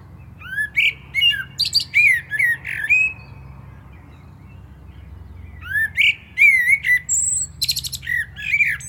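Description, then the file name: Common blackbird song in two phrases of fluted, slurred whistles with squeaky high twitters, split by a quiet pause. "Turdus merula"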